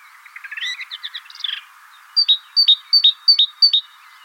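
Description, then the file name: Great tit song: a rapid jumble of chirpy notes, then five clear two-note phrases, a high whistle dropping to a lower one, repeated quickly. "Parus major"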